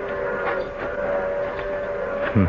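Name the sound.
approaching train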